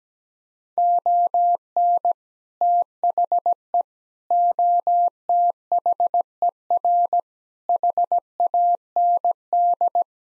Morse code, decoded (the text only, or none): ON THE OTHER HAND